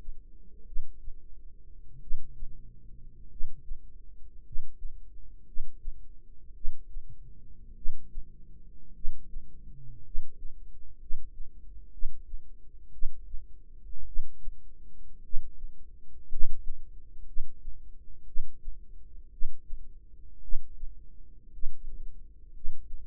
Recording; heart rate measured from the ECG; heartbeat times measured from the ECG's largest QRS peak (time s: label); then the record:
heart sounds by microphone in the right ear; 55 bpm
0.64 s: heartbeat
1.99 s: heartbeat
3.28 s: heartbeat
4.42 s: heartbeat
5.44 s: heartbeat
6.52 s: heartbeat
7.73 s: heartbeat
8.92 s: heartbeat
10.02 s: heartbeat
10.97 s: heartbeat
11.90 s: heartbeat
12.90 s: heartbeat
14.04 s: heartbeat
15.21 s: heartbeat
16.27 s: heartbeat
17.24 s: heartbeat
18.24 s: heartbeat
19.29 s: heartbeat
20.40 s: heartbeat
21.50 s: heartbeat
22.51 s: heartbeat
From the record:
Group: healthy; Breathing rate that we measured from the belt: 10 breaths a minute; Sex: male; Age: 25 years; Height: 170 cm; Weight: 70.4 kg